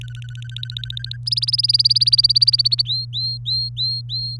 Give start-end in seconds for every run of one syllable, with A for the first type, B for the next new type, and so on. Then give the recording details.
0.01-1.17 A, 1.26-2.82 B, 2.85-4.37 C. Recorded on 24 April 2018 at 18:11. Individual llb3